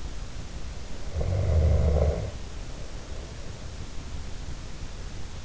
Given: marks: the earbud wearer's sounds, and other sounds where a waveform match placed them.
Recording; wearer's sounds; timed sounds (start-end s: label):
sounds in sleep by an in-ear microphone; snoring breath
0.62-4.20 s: snoring breath